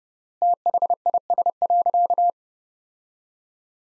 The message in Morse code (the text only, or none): THIS.